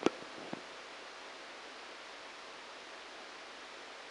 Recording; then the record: brain microelectrode recording played as sound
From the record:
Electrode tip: outside the subthalamic nucleus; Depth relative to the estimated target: 0 mm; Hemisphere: right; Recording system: NeuroSet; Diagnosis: Parkinson's disease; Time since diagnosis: 9 years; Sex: male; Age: 56 years